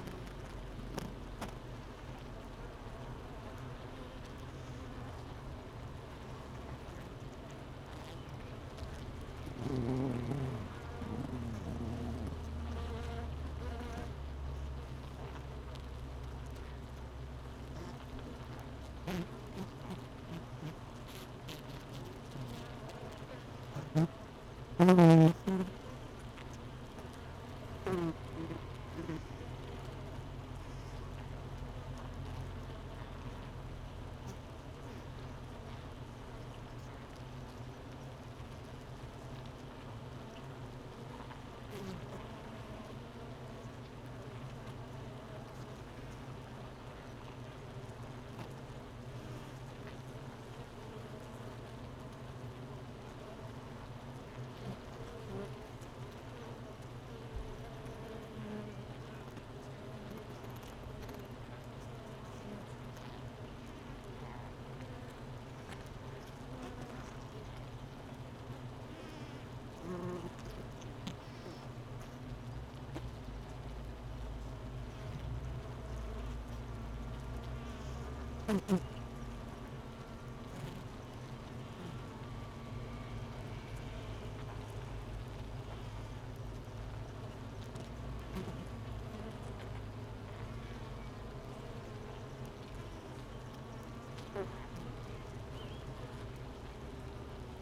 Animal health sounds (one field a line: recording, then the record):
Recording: honeybee colony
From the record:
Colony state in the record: missing queen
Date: 31 May 2018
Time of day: 8:47